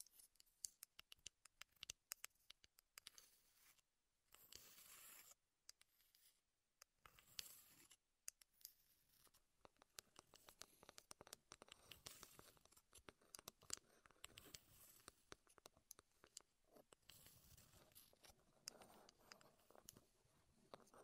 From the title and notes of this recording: ASMR Wood Triggers in Your Ears (No Talking).